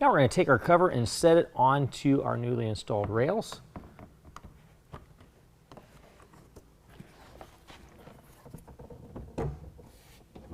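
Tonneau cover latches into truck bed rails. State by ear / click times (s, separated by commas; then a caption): not seated / none. Someone talks while a folded Extang Xceed tonneau cover is handled and set onto newly installed bed rails on a 2019 GMC/Chevy 1500 Crew Cab. After the talking, faint knocks and handling sounds follow. Nothing has seated or clicked yet, and the latches have not engaged.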